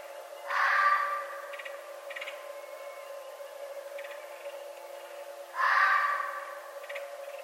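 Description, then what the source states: Red fox giving two harsh, raspy calls about five seconds apart, each fading slowly, with faint ticking sounds between them and a constant hum. Recorded 11 November 2011.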